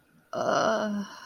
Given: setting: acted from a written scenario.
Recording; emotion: vocal sound without words; ecstasy